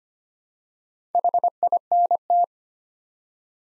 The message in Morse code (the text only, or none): HINT